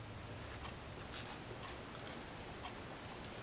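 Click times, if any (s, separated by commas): none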